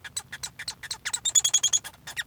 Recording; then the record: song of a male Bengalese finch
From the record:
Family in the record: son of father 1